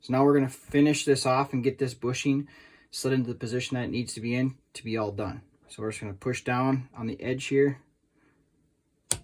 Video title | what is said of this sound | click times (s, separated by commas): 1911 Breakdown!!!(Made Easy!) | slide it over and once it's in you can see it clicks into place and now that Barrel bushing | 9.1 s